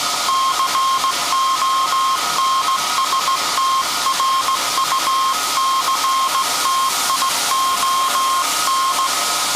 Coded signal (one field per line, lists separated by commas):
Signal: Morse code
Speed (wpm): 18 wpm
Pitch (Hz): 1070 Hz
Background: none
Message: CONSTRUCTION